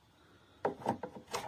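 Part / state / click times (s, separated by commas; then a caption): motorcycle navigation unit into its handlebar cradle / not seated / none. A 6-inch CHIGEE AIO-6 LTE motorcycle navigation unit is slid into its unlocked handlebar cradle on a BMW motorcycle. After a quiet start, the plastic rubs and scrapes in short bursts from about 0.6 s to 1.5 s. Nothing has seated or clicked yet.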